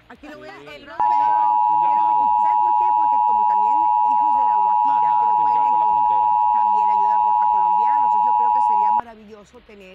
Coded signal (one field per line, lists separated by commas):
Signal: Emergency Alert System (SAME) tones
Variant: 853 and 960 Hz attention tone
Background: speech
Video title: 2021 National Emergency Alert System Test August 11 2021 at 2:20PM ET - Recorded from WSCV-TV Miami